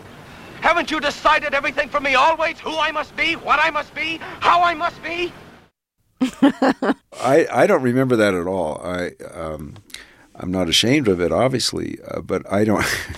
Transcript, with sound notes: Haven't you decided everything for me always - who I must be, what I must be, how I must be?
(Laughter).
I don't remember that at all. I'm not ashamed of it obviously. But I don't